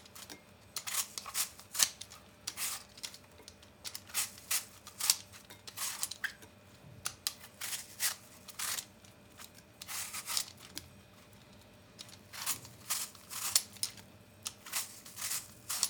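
Apples are peeled and cut in quick scraping strokes, short bright rasps coming in bunches about every half second. The strokes pause briefly near seven and twelve seconds before resuming, over a faint steady low hum.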